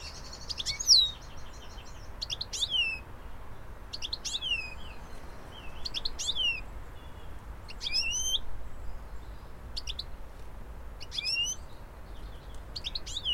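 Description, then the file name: European goldfinch calling repeatedly, high tinkling notes with sweeping downward slurs, in bursts at short intervals, over low background rumble. "Carduelis carduelis"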